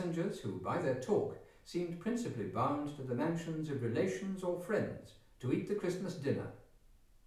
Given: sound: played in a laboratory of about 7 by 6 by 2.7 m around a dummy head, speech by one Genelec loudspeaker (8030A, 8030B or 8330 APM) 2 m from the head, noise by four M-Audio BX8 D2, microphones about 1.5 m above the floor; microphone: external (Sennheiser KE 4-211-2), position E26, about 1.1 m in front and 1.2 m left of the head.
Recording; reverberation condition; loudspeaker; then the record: male speech in English; medium; behind (180 degrees)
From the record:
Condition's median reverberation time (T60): about 510 ms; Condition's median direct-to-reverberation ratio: about -0.5 dB